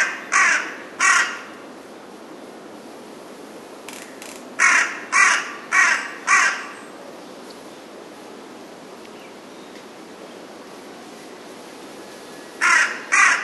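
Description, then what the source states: Carrion crow cawing: harsh caws in short bursts, a pair, then four spaced caws, then a final pair after a long quiet gap. Recorded 15 May 2007.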